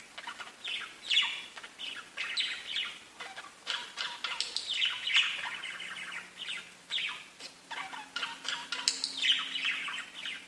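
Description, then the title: Budgerigar chatter of scratchy chirps and squawky notes in short bursts, with a faint low hum in the background for part of it. "Budgie Sounds"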